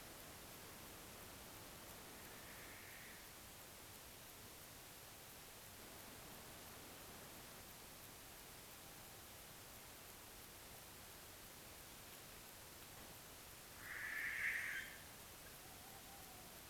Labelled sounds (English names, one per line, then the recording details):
unidentified sound
Western Barn Owl
Tawny Owl
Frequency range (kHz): Western Barn Owl 0.8-9.5 kHz; Tawny Owl 0.4-1.4 kHz
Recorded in France